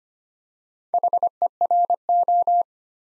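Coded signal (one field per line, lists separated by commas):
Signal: Morse code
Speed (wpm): 25 wpm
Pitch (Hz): 700 Hz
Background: none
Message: HERO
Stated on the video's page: Morse practice drill at 25 wpm, building 4-letter words two letters at a time for instant character recognition.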